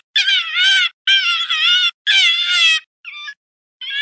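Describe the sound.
Fox whining calls, three long harmonic cries in quick succession, then a short softer one and the start of another.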